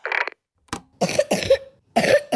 A little one with a wet cough. About 4 weeks now she might have bad lung sickness.